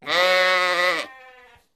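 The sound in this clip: Sheep bleating once: a single steady, nasal bleat lasting about a second, then fading away in a softer tail.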